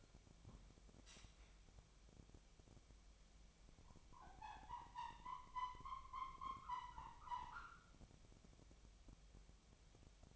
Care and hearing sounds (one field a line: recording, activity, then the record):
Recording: daily activity, microphone in the room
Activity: wipe stove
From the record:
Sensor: 1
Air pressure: 1007.1 hPa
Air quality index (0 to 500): 204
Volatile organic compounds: 22 ppm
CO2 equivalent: 2753 ppm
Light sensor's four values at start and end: 13/33/13/15 and 13/32/13/14